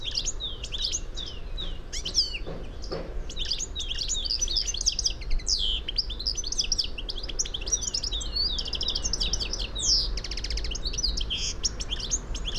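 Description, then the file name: European goldfinch song, a lively jumble of high chirps, liquid twitters and brief buzzy trills going on nonstop, with faint low background rumble. "Carduelis carduelis"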